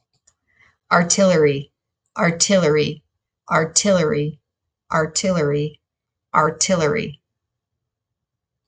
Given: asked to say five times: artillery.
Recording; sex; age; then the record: repeated word; female; 30 to 39 years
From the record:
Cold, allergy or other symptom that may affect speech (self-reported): no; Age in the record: 35 years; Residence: Utah, United States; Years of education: 17